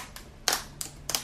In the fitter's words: all that snappin all that snapping is it's snapping into both retainer Clips and both stabilizer bars so it's a lot of snapping